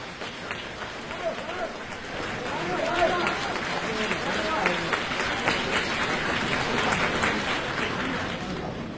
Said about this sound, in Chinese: 谢谢大家掌声。 对， 掌声对演员是鼓励，而且大家都认为相声演员脑子好。